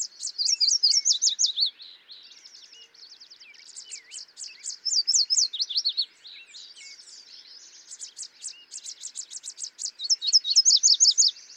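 Yellow warbler song, loud runs of high sweet notes with a slurred finale, repeated several times, quieter chattering song from other birds between.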